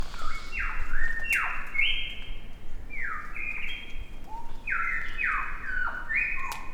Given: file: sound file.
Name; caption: Tamborine-whistle; Example whistle songs of the female Albert's lyrebird recorded at Tamborine.